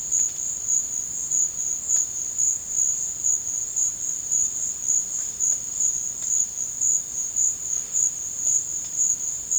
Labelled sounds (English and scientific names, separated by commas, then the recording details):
none
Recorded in dense forest near Puerto Asís, Putumayo, Colombia, on 8 March 2025 at 15:00
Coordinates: 0.486, -76.317
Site G053